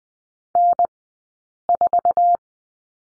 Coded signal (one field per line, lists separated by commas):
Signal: Morse code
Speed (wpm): 20 wpm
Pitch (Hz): 700 Hz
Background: none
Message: N 4